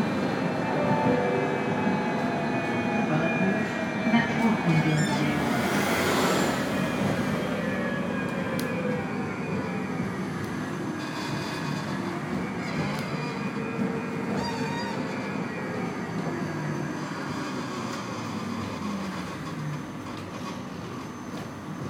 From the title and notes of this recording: The sound of the M6 Tram at Berlin Mitte by Bougie.